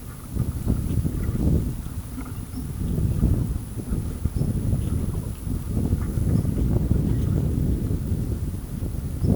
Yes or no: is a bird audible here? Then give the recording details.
no. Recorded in pastures near Pivijay, Magdalena, Colombia, on 1 June 2023 at 15:00. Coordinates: 10.456, -74.369. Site P6-G026